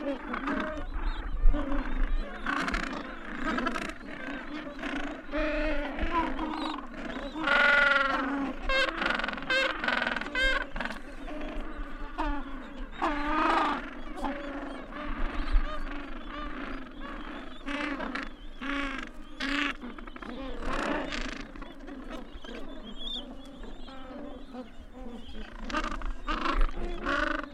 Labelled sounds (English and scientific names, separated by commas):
Gentoo Penguin (Pygoscelis papua) call